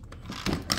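A metal chuck key is pulled out of its snap-in plastic key holder on the body of a DeWalt joist driller, a holder made to grip that tightly so the key doesn't fall out and get lost while drilling holes. Faint scraping and rattling build as the key is worked loose, ending in a sharp pop at 0.7 s as it releases from the holder.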